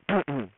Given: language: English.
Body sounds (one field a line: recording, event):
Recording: throat vibration sensor signal played as sound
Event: throat clearing